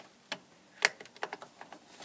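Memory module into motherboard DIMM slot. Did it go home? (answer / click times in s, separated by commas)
yes / 0.9 s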